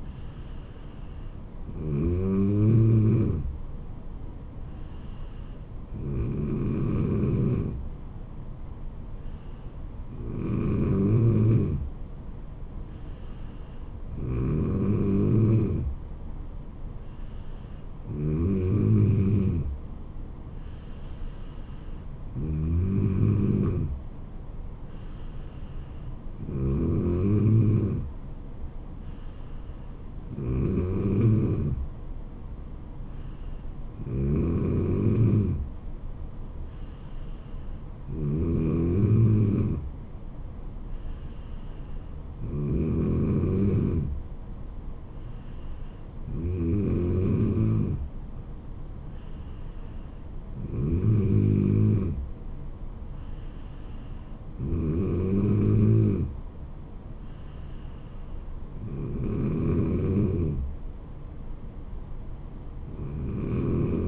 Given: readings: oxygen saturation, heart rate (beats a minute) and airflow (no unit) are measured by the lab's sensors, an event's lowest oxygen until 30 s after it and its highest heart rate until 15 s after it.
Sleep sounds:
breathing in sleep by a smartphone at the bedside; none
none scored
From the record:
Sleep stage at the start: N3 (deep sleep); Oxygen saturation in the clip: 94 to 95%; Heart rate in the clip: 69 to 76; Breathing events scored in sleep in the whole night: 426 in 7.4 hours asleep

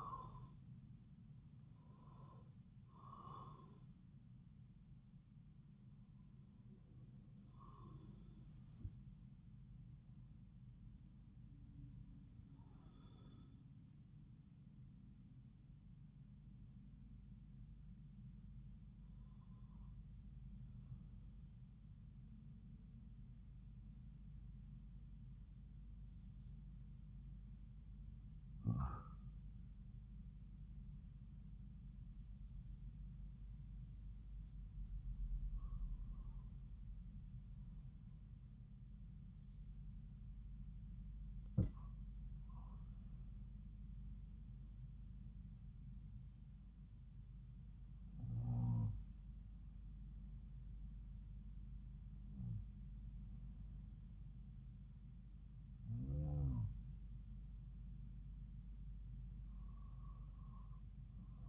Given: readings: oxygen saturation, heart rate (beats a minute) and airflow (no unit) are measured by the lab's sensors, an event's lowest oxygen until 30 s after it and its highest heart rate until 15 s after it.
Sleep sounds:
breathing in sleep by a smartphone at the bedside; 1
23.00-52.10 s: hypopnea (N1, oxygen 97% highest, then 92% lowest)
From the record:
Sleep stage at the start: N1 (lightest sleep); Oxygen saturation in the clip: 82 to 97%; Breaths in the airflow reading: 12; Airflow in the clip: -7.4 to 9.0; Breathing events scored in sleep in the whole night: 270 in 6.1 hours asleep

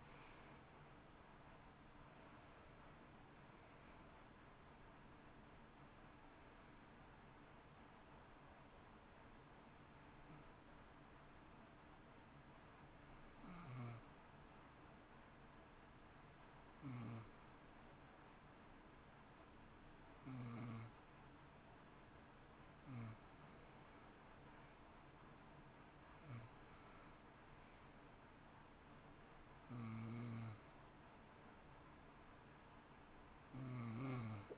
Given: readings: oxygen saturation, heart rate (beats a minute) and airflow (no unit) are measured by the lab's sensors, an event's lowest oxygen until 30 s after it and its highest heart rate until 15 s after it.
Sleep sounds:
breathing in sleep by a voice recorder at the bedside; 1
9.00-24.10 s: hypopnea (N1, oxygen 93% highest, then 89% lowest, heart rate 59 at the start, 63 highest)
22.00-34.58 s: new sleep stage, N2 (light sleep)
From the record:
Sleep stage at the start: N1 (lightest sleep); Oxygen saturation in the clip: 90 to 93%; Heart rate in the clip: 57 to 65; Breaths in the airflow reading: 10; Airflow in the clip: -10.6 to 9.9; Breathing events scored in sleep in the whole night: 328 in 6.3 hours asleep

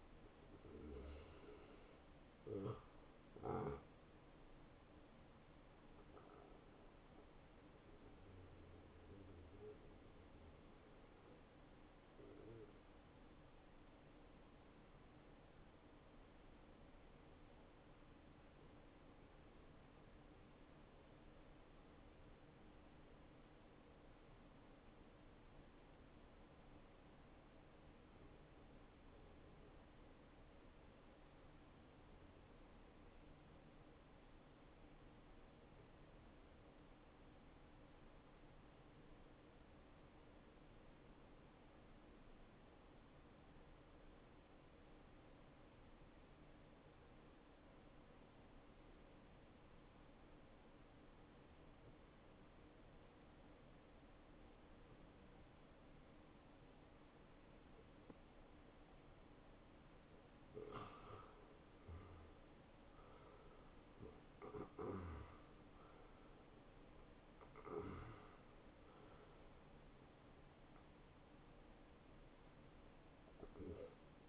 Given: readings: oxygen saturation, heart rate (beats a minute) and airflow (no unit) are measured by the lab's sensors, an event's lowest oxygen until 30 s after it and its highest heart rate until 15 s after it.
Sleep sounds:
breathing in sleep by a voice recorder at the bedside; 1
0.00-11.00 s: awake
9.00-60.70 s: hypopnea (scored as awake, oxygen 97% highest, then 87% lowest, heart rate 69 at the start, 76 highest)
10.00-74.29 s: new sleep stage, N1 (lightest sleep)
From the record:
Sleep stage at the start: awake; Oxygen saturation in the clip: 86 to 97%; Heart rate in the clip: 58 to 76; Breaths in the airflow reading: 14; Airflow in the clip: -11.7 to 8.5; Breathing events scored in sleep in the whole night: 263 in 5.5 hours asleep

